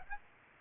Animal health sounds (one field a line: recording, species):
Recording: mosquito wingbeat signal from an infrared sensor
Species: Aedes aegypti